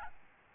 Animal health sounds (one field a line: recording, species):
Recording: mosquito wingbeat signal from an infrared sensor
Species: Aedes albopictus